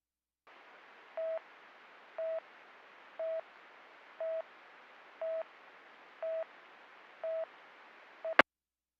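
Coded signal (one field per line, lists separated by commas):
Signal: none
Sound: police radio channel beeps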